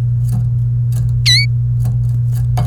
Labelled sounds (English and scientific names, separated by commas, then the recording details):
Domestic Canary (Serinus canaria) song
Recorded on 28 April 2018 at 07:57
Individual llb3